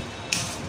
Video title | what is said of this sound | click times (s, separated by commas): bread toaster machine repair - Malayalam -hi tech master- | നല്ല press ചെയ്ത് അമർത്തണം അപ്പൊ ലോക്ക് ആയി | 0.3 s